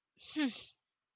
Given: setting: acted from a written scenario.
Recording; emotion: vocal sound without words; disappointment